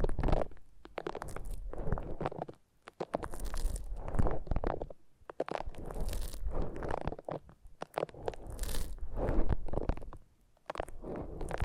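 Foam being squeezed and rubbed in a massage, giving soft squishy crackles and crunching rustles. The strokes come in bursts of a couple of seconds, with brief quiet gaps near 2.5, 5, 8 and 10.5 seconds, and some strokes sound brighter and hissier than others.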